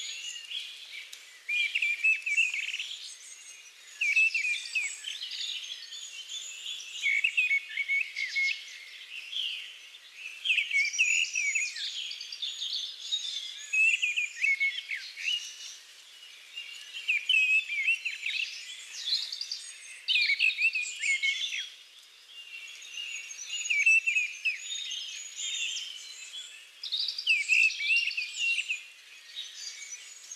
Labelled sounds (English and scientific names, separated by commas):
Mistle Thrush (Turdus viscivorus) song